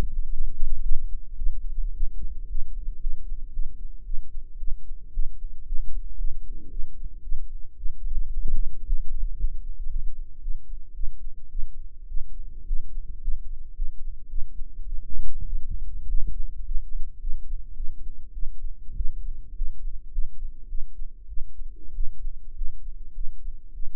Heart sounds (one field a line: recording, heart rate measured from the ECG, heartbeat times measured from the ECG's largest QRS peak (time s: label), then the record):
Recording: heart sounds by microphone in the right ear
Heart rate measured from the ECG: 108 bpm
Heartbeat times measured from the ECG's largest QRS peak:
0.30 s: heartbeat
0.82 s: heartbeat
1.37 s: heartbeat
1.93 s: heartbeat
2.47 s: heartbeat
2.99 s: heartbeat
3.52 s: heartbeat
4.04 s: heartbeat
4.58 s: heartbeat
5.12 s: heartbeat
5.65 s: heartbeat
6.17 s: heartbeat
6.69 s: heartbeat
7.22 s: heartbeat
7.76 s: heartbeat
8.31 s: heartbeat
8.85 s: heartbeat
9.37 s: heartbeat
9.88 s: heartbeat
10.40 s: heartbeat
10.93 s: heartbeat
11.49 s: heartbeat
12.07 s: heartbeat
12.65 s: heartbeat
13.20 s: heartbeat
13.74 s: heartbeat
14.28 s: heartbeat
14.84 s: heartbeat
15.45 s: heartbeat
16.07 s: heartbeat
16.64 s: heartbeat
17.19 s: heartbeat
17.75 s: heartbeat
18.32 s: heartbeat
18.95 s: heartbeat
19.54 s: heartbeat
20.11 s: heartbeat
20.67 s: heartbeat
21.27 s: heartbeat
21.93 s: heartbeat
22.54 s: heartbeat
23.13 s: heartbeat
23.72 s: heartbeat
From the record:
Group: healthy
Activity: rest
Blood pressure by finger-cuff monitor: 131/88 mmHg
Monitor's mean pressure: 101 mmHg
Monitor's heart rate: 107 bpm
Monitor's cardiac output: 7.4 L/min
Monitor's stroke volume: 71 mL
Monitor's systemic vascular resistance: 1000 dyn s/cm5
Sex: male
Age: 21 years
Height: 180 cm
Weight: 67.5 kg